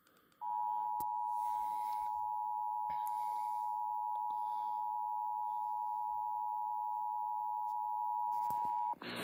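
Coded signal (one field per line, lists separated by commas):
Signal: Emergency Alert System (SAME) tones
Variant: 853 and 960 Hz attention tone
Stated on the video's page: EAS tones from a batch of alerts, including an unexpected evacuation immediate alert.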